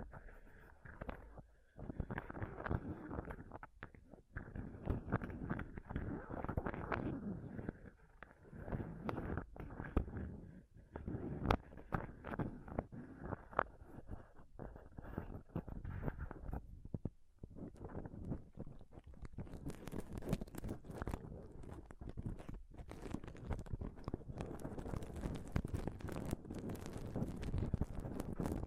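Dense, irregular scratching and touching on a microphone, rough bursts with brief gaps, turning brighter and harsher after about twenty seconds.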